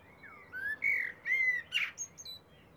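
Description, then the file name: Eurasian blackbird song: several smooth, rich whistled notes followed by a sharp, high squeaky twitter. "Turdus merula"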